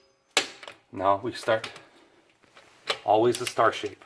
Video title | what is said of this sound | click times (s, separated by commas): How to fix a flat Tire with a universal tubeless tire repair kit. #viral #viralvideo | it clicks do it again to make sure well | 0.4 s